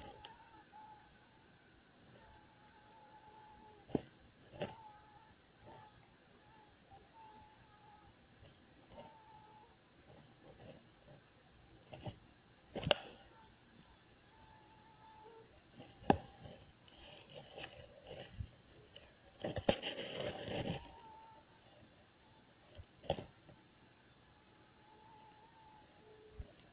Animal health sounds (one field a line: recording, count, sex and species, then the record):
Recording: mosquito flight sound in a plastic cup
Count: one mosquito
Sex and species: not Aedes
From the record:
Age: 1 day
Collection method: oviposition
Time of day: 19:06